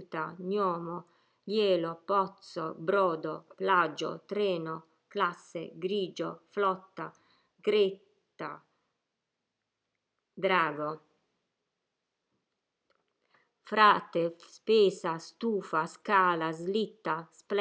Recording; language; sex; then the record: read list of words; Italian; female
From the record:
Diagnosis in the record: healthy control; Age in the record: 61 years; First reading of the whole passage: 67 s, 7.7 characters per second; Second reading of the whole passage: 54 s, 9.6 characters per second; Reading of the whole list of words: 44 s, 6.4 characters per second